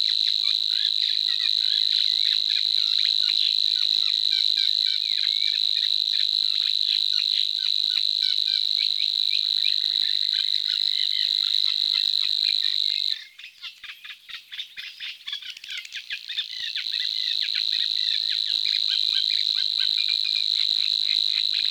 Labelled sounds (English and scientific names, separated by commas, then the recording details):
Savi's Warbler (Locustella luscinioides) song
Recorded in the wild
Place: NSG Kittlitzer Hofsee, Schleswig-Holstein, DE
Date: 1986-05-09
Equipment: Uher Report Monitor
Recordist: Schwarz, Dieter